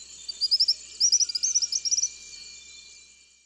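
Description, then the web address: Tropical kingbird giving a rapid twitter of short, high, sharp notes in two tumbling runs, fading out, with a faint insect hiss behind. Recorded in the eastern lowlands of South America. "Natures Songs S America Eastern Lowlands. Tropical Kingbird"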